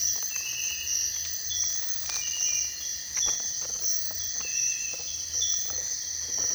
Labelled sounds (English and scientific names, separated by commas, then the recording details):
none
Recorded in dense forest near Puerto Asís, Putumayo, Colombia, on 22 June 2025 at 04:00
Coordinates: 0.468, -76.322
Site GP03